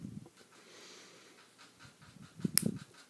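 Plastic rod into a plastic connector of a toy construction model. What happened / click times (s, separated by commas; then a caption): The plastic piece snapped into its connector / 2.6 s. While following the instructions for a plastic rod-and-connector kart model, a builder pushes a plastic rod into a plastic connector, with soft handling and rustling beforehand. A single loud, sharp snap at 2.6 s shows the piece has seated in the connector.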